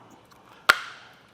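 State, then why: Seated. A rubber pad from a custom DK fit kit for four Rhino-Rack 2500 Series roof rack legs on a 2022 Chevrolet Equinox is slid onto the roof rack foot, lined up along the ridge and notches with the arrow pointing out, and pushed until it clicks. A single sharp, bright click sounds at 0.7 s and rings down briefly, followed by a faint small tick near 1.3 s. The pad is seated on the foot.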